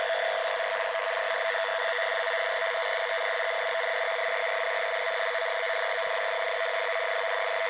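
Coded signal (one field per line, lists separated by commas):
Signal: NAVTEX (SITOR-B)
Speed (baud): 100 baud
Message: REMOVED. CAUTION ADVISED. NNNN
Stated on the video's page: 518 kHz NAVTEX broadcast received with an octagonal loop antenna and RTL-SDR.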